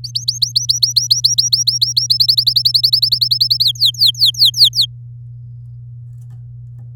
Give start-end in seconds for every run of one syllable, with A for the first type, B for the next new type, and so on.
0.04-2.07 A, 2.10-3.64 B, 3.65-4.86 C